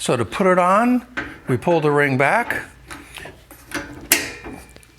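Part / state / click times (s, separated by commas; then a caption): CO2 hose quick-disconnect coupling onto the base fitting of a confetti launcher / seated / 4.1 s. Someone talks while the spring-loaded ring on a CO2 hose quick-disconnect coupling is pulled back and the coupling is pushed onto the metal base fitting of a confetti launcher. A few soft handling sounds follow, then a sharp snap at 4.1 s as the coupling locks and seats onto the base.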